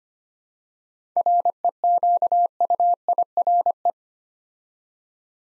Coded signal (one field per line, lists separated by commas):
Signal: Morse code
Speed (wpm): 25 wpm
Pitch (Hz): 700 Hz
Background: none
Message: REQUIRE